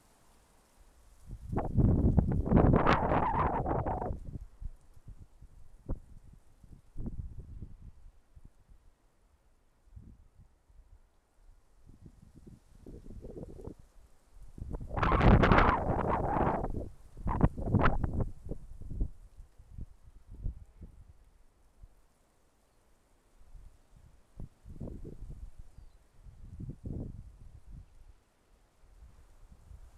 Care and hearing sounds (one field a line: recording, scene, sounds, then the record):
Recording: everyday scene through a hearing-aid microphone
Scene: wind on the microphone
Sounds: wind, traffic, siren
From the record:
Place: suburban garden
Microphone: behind the ear, left, rear